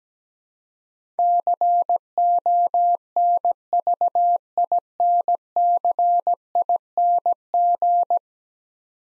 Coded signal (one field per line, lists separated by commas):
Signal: Morse code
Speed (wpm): 17 wpm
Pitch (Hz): 700 Hz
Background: none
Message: CONVINCING